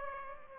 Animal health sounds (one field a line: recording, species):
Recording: mosquito wingbeat signal from an infrared sensor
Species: Culex pipiens